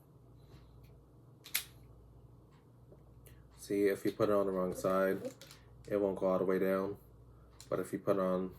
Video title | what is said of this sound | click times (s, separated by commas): Manscaped Unboxing Self Care Edition | easy snap in and out | 1.6 s